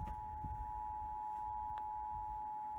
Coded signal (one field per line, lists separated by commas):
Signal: Emergency Alert System (SAME) tones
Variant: 853 and 960 Hz attention tone